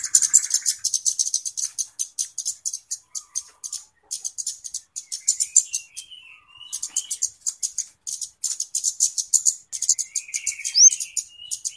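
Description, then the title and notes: Flowerpecker calls, long run of very high, fast ticking chips, steady and dense, with faint lower buzzy notes underneath. Call recording of a flowerpecker, locally called kemade or cabe cabean, used as a lure (pikat) to attract birds. "Kicau Burung Kemade ( Cabe Cabean) Jernih. Suara Burung Cabe Cabean Pikat"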